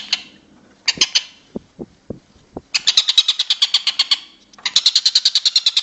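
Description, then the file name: Stork-billed kingfisher producing short bursts, then longer runs of quick harsh notes, with a few low knocking sounds between them. "tengkek buto om andri"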